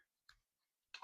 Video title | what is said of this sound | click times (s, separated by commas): Borealis Dropship Review - Thunderhead Studios | and locks into place like that. | 0.3 s, 0.9 s